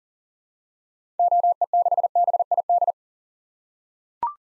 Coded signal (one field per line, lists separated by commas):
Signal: Morse code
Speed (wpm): 40 wpm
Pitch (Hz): 700 Hz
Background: none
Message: OE6BID